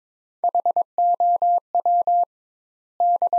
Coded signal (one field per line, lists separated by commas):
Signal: Morse code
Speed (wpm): 22 wpm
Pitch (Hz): 700 Hz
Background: none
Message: HOW D